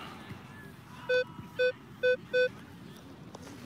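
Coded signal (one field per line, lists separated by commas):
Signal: none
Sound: metal detector target beeps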